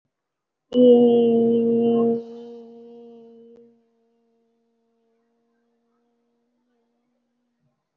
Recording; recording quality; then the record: sustained vowel as in made; excellent, no background noise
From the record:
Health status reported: recovered from COVID-19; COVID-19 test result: positive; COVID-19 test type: RT-PCR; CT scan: taken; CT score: 0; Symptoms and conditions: cough, cold, breathing difficulty, sore throat, fatigue, another respiratory illness, another condition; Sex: female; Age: 25 years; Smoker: no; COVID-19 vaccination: both doses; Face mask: worn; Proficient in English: yes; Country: India